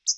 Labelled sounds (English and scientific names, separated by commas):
Hooded Warbler (Setophaga citrina) flight call